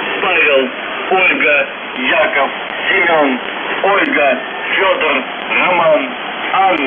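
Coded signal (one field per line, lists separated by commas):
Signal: coded military voice message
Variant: UVB-76, Russian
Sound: a man's voice speaking short phrases through noisy, band-limited radio audio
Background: radio static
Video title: UVB-76/ The Buzzer Voice Message January 19, 2022 07:58 UTC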